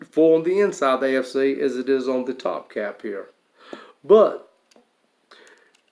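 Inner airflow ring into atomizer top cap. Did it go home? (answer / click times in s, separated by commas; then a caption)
yes / 5.3 s. Someone talks while handling a Geek Vape Baron rebuildable dripping atomizer, then spins its removable inner airflow-control ring inside the metal top cap. A few faint ticks follow, and the ring locks into place with a small click at 5.3 s.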